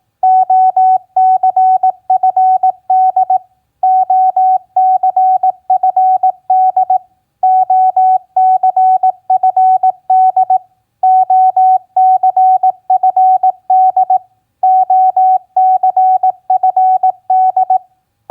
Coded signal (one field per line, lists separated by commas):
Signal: Morse code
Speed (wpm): 18 wpm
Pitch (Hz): 750 Hz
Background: none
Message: OCFD OCFD OCFD OCFD OCFD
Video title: Morse Code Practice QSO Elements Q7b OCFD-BEAM-HEX 18wpm